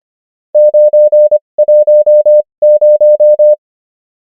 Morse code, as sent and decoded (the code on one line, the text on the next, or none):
----. .---- -----
910